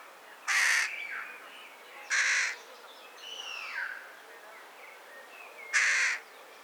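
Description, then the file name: Carrion crow giving three harsh, hoarse caws spaced unevenly, with faint thin whistled sweeps between them. "Corvus corone"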